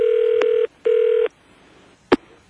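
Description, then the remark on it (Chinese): Two long, steady electronic telephone tones sound one after another with a short gap, followed by quiet and a single sharp click, as a short four-digit phone number is dialed and the line connects. “你打2594”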